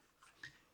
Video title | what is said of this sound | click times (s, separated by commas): Drone for Kids Adults, WeFone WF11 1080P HD Camera Drones with FPV Transmission | as you push up it snaps into place and locks into place | 0.4 s